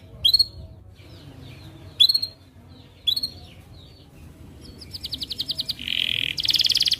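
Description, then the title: Atlantic canary singing: three sharp chirps a second or more apart, then rapid buzzing trills and a rolling phrase building in loudness, with a faint low hum. Canary singing actively (gacor), with the best cengkok song phrasing and the most luxurious isian fill, from the Indonesian songbird hobby (kicaumania) scene. "Kenari Gacor Cengkok Terbaik Isian Paling Mewah Kenarigacor Kicaumania Kenari"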